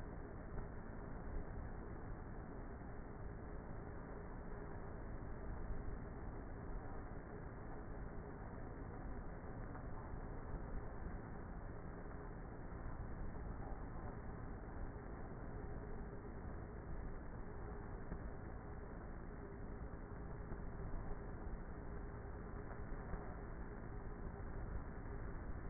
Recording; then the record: honeybee colony, microphone inside the hive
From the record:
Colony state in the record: queenless with a low population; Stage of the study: before two queens were removed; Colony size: about 30,000 bees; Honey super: no